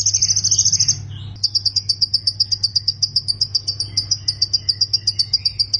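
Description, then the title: Plain prinia song opening with a dry buzzy trill, a brief pause, then quick high repeated ticks continuing to the end; low hum in the background. "Ciblek Sawah"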